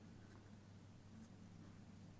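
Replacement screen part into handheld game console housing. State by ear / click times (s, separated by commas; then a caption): not seated / none. A replacement screen part is being pressed into the plastic housing of a PlayStation Portable PSP Go handheld game console during a screen replacement. Only quiet handling noise sits over a low steady hum, and no one talks. Nothing has seated or clicked yet.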